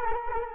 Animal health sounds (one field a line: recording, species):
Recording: mosquito wingbeat signal from an infrared sensor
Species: Culex quinquefasciatus